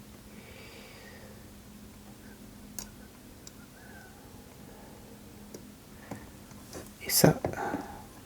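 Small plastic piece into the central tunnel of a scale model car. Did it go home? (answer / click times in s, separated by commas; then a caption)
no / none. A small plastic part is handled against the central tunnel assembly of a 1/8 scale Lancia 037 model car while someone talks quietly, with a few faint taps and a louder rustle of handling near the end. Nothing has seated or clicked yet.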